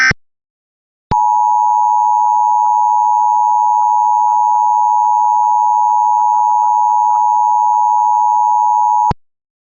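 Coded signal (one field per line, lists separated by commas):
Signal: Emergency Alert System (SAME) tones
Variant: 853 and 960 Hz attention tone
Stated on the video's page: Part of a fictional EAS scenario.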